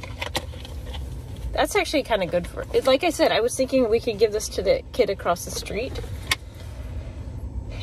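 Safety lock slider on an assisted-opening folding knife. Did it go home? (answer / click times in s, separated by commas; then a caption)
yes / 6.3 s. Someone talks while sliding the safety lock on a budget assisted-opening folding knife, and it locks into place with one sharp click at 6.3 s. The lock is there so the assisted opening can't be used by accident. A few faint clicks come early in the clip, and a low rumble runs underneath throughout.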